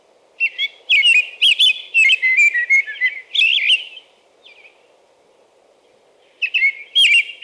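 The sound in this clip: American robin song, a string of bright caroled whistles for four seconds, a faint soft note, silence, then the phrases begin again.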